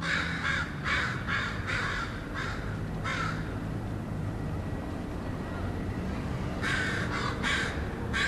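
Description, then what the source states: Crow scolding calls: a run of harsh caws, a quiet gap, then another burst of rapid caws, over steady low outdoor rumble. Cautious crows, one unbanded and one radio-tagged, staying back 10 or 15 feet, giving scolding mobbing calls at the researchers wearing the mask.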